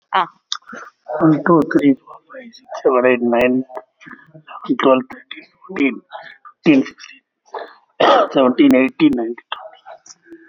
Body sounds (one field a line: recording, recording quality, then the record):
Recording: counting at a fast pace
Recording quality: moderate, slight background noise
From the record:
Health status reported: exposed to COVID-19, no respiratory illness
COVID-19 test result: negative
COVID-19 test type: RT-PCR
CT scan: taken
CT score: 5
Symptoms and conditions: cough, cold, breathing difficulty, fever, hypertension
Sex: male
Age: 60 years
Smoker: no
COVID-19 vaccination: both doses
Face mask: not worn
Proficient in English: no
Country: India